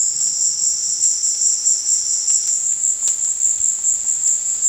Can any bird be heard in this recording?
no